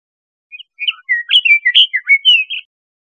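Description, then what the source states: Bird song: a short run of bright, varied chirps and slurred whistles in quick succession, heard against silence. Costa Rica.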